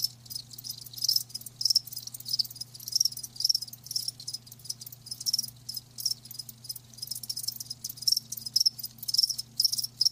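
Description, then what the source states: High-pitched cricket chirping in uneven pulsed bursts, some louder clusters of clear notes, over a steady faint hum. Live crickets chirping, a lulling song.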